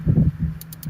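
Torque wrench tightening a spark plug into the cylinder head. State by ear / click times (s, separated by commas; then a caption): torque reached / 0.6 s. A torque wrench set to 15 ft-lb tightens a spark plug into the cylinder head of a 2008-2011 Honda Accord, with low rumbling and rustling handling noise at first. The wrench gives its click at 0.6 s, followed by two more sharp clicks at 0.7 s and 0.8 s. The plug is in and properly torqued.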